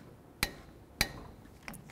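A torque wrench tightens the already bottomed-out hub bearing assembly mounting bolts into the steering knuckle of a 1999-07 Chevy Silverado front wheel to 133 ft-lb. Two sharp, strong clicks at 0.4 s and 1.0 s show the wrench reaching its setting, followed by two faint ticks near 1.7 s and 1.9 s. The bolts are confirmed torqued.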